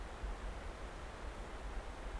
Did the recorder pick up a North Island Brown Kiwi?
no